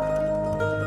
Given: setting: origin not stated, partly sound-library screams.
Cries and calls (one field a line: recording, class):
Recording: one-second piece from a danger detection set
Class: normal situation